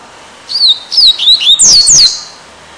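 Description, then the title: Double-collared Seedeater singing a short, fast phrase of high slurred whistles, finishing with two strong downward-sweeping notes. "Canto Coleiro"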